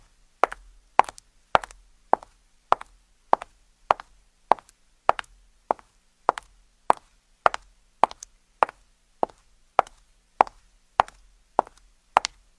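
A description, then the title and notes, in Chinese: High heels step at an even walking pace, about two clicks every second, each a sharp, bright tap with a short ring on a hard floor. The footsteps stay steady for the whole stretch. 穿着高跟鞋，在你脑子里来回行走。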